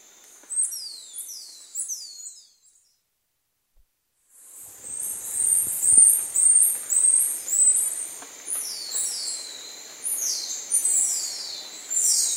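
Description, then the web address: Black-mantled tamarin calls, high descending whistles, a pause, then a lively run of sharp high chirps. Primate calling in the South American rainforest. "Natures Songs S America Primates of the Rainforest Black-mantle tamarin"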